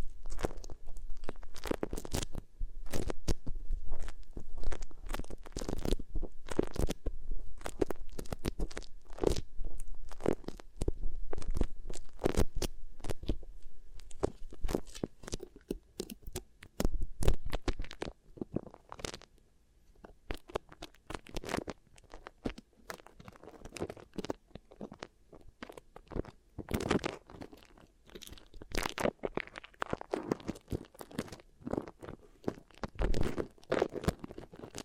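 Beeswax ear triggers: dense, sticky crackling and squishing made of quick clicks and pops that reach from low thuds up to bright snaps. The first fifteen seconds are thick and continuous, then the sounds thin into sparser, sharper crunches with short gaps between them.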